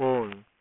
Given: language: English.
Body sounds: throat vibration sensor signal played as sound; speech

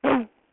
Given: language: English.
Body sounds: throat vibration sensor signal played as sound; throat clearing

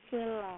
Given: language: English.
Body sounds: throat vibration sensor signal played as sound; speech

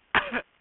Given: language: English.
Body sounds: throat vibration sensor signal played as sound; cough

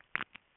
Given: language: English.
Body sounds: throat vibration sensor signal played as sound; swallow

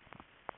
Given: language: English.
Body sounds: throat vibration sensor signal played as sound; swallow

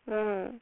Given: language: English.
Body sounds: throat vibration sensor signal played as sound; speech

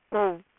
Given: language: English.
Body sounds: throat vibration sensor signal played as sound; speech

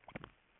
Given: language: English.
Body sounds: throat vibration sensor signal played as sound; swallow

